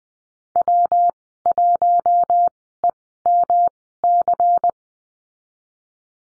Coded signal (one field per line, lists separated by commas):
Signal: Morse code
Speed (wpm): 20 wpm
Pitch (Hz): 700 Hz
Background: none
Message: W1EMC